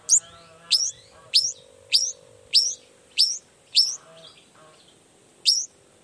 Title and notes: Langsung NYAUTTTTT ! Cendet Gacor Dor Di Kala Pagi Toet Toet Variasi Suara J. Nyaut Seketika.! Cendet Gacor Pagi Hari Biangnya Bikin Cendet Manapun Langsung On Nyaut Buka Materi. Burung cendet